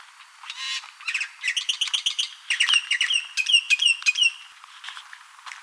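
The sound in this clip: Bird calls: a rapid jumble of high chirps and squawks, rising and falling, crowded together through the middle, then thinning out.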